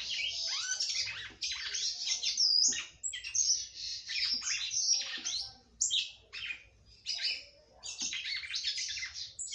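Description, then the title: Red-cowled cardinal song: dense, scratchy warbling phrases with sharp whistles, delivered in bursts separated by short gaps; low steady hum in the background. "Galo De Campina"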